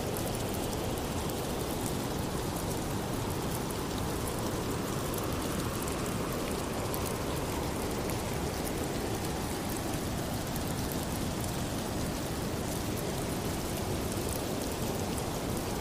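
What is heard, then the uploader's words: Rain falls steadily throughout, a dense, constant hiss with countless fine drops blurring together. A deeper rushing layer underneath, like wind blowing, swells slightly around the middle and eases again. The whole texture stays even, with no distinct separate events. Rain Sounds With Wind Blowing White Noise.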